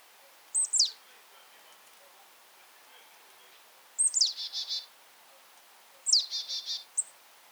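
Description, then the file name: Marsh tit calls: three phrases, each opening with a sharp high falling note; the last two are followed by a run of several buzzy chattering notes. "Poecile palustris"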